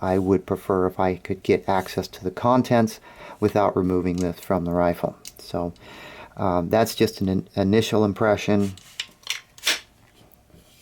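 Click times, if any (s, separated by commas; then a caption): 9.0 s, 9.3 s, 9.7 s. Someone talks, then a polymer adjustable rifle stock is slid along its buffer tube and clicks into its position detents with sharp clicks at 9.0, 9.3 and 9.7 seconds. The stock seats firmly in each detent, giving good, solid clicks.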